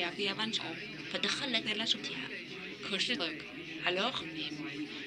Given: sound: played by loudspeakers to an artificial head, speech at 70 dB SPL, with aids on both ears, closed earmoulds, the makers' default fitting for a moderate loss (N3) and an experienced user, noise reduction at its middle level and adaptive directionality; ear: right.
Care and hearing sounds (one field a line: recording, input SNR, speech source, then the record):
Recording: speech test signal (ISTS) in cocktail-party noise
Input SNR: +3 dB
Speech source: in front (0 degrees)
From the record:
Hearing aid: class 2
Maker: D